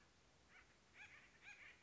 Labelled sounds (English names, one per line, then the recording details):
Acorn Woodpecker
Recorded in Sonoma County, California